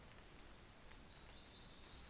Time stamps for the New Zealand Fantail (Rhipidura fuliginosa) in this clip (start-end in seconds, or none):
none